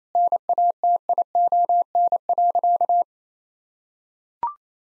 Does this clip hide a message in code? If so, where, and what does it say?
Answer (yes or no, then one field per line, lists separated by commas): yes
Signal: Morse code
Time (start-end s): 0.1-3.0 s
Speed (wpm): 28 wpm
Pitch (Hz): 700 Hz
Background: none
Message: NATION.